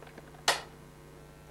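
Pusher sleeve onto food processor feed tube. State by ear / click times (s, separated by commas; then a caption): seated / 0.5 s. A plastic sleeve and pusher are pressed down over the large feed tube of a 1995 Cuisinart food processor. A faint tick at 0.2 s is followed by a sharp, bright click at 0.5 s over a low steady hum. The sleeve is seated in place.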